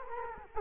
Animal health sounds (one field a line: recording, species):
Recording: mosquito wingbeat signal from an infrared sensor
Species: Culex quinquefasciatus